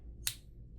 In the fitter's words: Then from there just push all the way until it clicks.